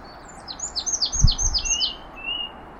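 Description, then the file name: Marsh tit gives a rapid series of high, descending chipping notes, joined by a brief low thud midway and a thin steady whistle near the end. "Poecile palustris"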